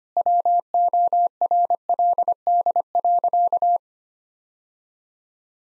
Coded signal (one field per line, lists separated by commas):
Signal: Morse code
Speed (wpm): 25 wpm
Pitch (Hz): 700 Hz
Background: none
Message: WORLD.